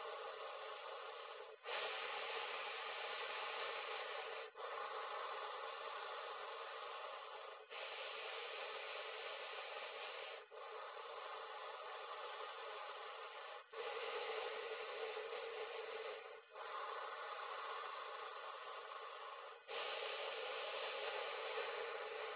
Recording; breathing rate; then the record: paced breathing near a phone; 10 breaths a minute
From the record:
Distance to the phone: 20 cm